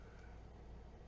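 A Hampton Bay cordless window blind headrail is handled and rotated toward the top so the hook on its mounting bracket can catch it, a snap that is needed for it to be secure. Only a steady broadband hiss with a low rumble is heard, with no distinct transients. Nothing has snapped or seated yet.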